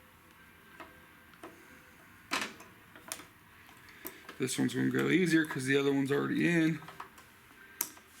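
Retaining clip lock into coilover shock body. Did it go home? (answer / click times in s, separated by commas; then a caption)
yes / 7.8 s. The lock on the second side of a coilover retaining clip is pressed home into the coilover shock body, going in easier because the first side is already in. Someone talks over a few soft taps and clicks, then a sharp click at 7.8 s marks the lock snapping in and seating.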